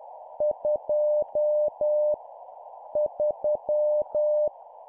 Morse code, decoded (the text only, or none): 2 3